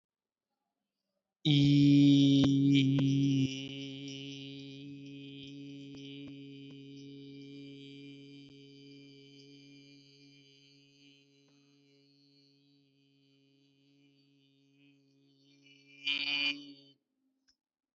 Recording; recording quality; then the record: sustained vowel as in beet; moderate, slight background noise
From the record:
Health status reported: healthy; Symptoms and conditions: none ticked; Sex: male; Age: 29 years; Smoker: not ticked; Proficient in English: yes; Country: India